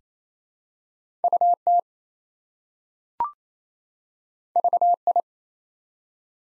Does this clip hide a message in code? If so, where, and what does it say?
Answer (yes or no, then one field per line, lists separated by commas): yes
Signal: Morse code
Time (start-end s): 1.2-5.2 s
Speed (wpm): 28 wpm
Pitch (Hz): 700 Hz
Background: none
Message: UT VI